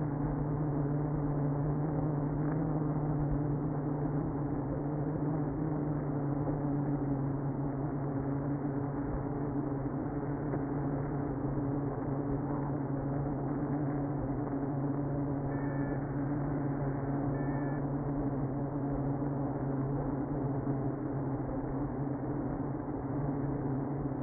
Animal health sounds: honeybee colony, microphone inside the hive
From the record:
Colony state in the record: queenless (queen removed); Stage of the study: after two queens were removed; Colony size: about 60,000 bees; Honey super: yes

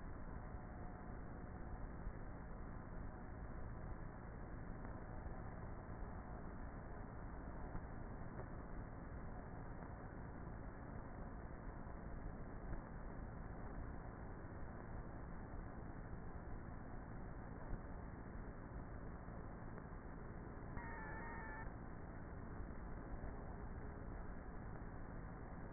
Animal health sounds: honeybee colony, microphone inside the hive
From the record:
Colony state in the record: queenless with a low population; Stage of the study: before two queens were removed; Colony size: about 30,000 bees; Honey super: no

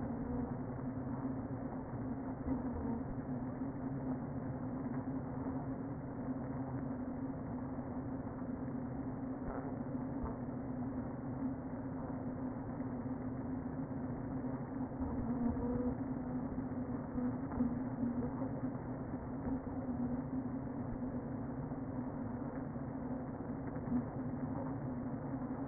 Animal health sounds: honeybee colony, microphone inside the hive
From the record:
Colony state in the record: queen present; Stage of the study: before two queens were removed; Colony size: about 60,000 bees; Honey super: yes

